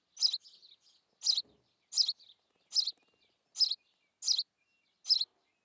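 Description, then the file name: House sparrow chirping in a series, loud notes followed by brief softer twitters. "Passer domesticus"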